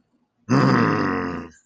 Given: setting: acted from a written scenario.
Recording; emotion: vocal sound without words; anger